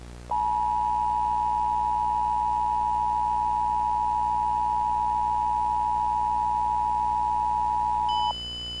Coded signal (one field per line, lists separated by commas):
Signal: Emergency Alert System (SAME) tones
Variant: 853 and 960 Hz attention tone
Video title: The Lost Silences Xtra-Remastered (EAS scenario)